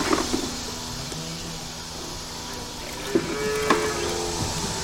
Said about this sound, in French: Pour la deuxième fois de la journée, Charline est à l'étable pour la traite des vaches.